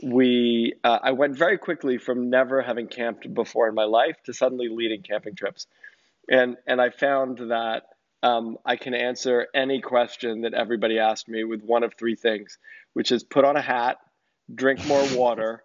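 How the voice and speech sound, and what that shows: An adult man speaks in a normal voice, in relaxed conversational speech with a brief laugh near the end.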